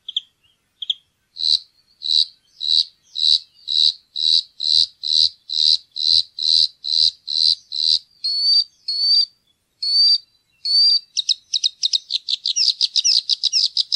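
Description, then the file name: Bluethroat singing a steady string of clipped high notes, then clear drawn-out whistles, ending in a fast buzzy, rattling trill of varied tones. "blaastrupe"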